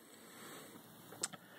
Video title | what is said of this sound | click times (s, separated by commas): Legacy Power Morpher 2013 | just put it in there snap into place and you're good to go | 1.2 s